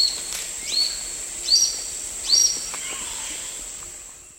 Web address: Natures Songs S America Eastern Lowlands 388 Orange-eyed Flatbill